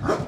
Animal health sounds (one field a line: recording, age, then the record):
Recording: pig call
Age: growing-finishing pig (85 days or more)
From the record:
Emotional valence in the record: positive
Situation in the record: run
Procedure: transit